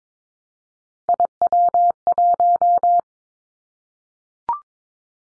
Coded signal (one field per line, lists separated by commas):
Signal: Morse code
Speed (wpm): 22 wpm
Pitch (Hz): 700 Hz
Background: none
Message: IW1